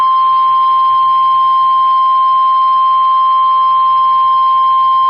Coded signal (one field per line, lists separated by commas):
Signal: Emergency Alert System (SAME) tones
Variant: 1050 Hz attention tone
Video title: 2013-05-19 - WX9MCS 147.255 MHz SKYWARN Repeater